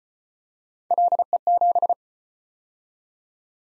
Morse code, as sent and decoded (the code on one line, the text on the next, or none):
.-.. . --...
LE7